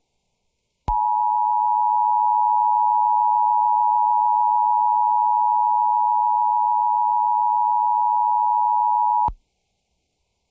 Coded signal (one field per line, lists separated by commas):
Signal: Emergency Alert System (SAME) tones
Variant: 853 and 960 Hz attention tone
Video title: Another Severe Thunderstorm Warning On WXRY 99.3 [EAS #644]